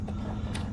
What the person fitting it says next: It pops right in like that right there.